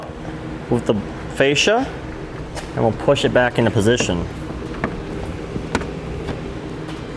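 Someone talks while the plastic front bumper fascia on a 2013 Nissan Frontier truck is pushed back into position by hand, toward its mounting clips on the front end. Two brief sharp sounds occur at about 4.8 s and 5.8 s over a steady background hum. The fascia has not clipped into place yet; nothing has seated.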